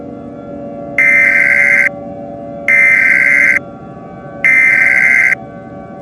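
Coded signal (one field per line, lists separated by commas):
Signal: Emergency Alert System (SAME) tones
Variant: header bursts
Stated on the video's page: Fictional EAS scenario on a Verizon FiOS screen, a recreation.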